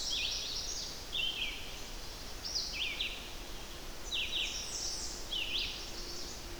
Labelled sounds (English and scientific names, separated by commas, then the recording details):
Red-eyed Vireo (Vireo olivaceus) song
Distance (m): 45 m
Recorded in boreal forest in Alberta, Canada, on 10 June 2016 at 06:05
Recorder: SongMeter 3, array SBT-3-39
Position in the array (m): 205 m, 115 m